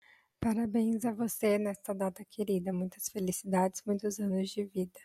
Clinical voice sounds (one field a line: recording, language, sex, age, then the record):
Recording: short text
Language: Brazilian Portuguese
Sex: female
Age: 20 to 29 years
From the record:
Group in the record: control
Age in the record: 23 years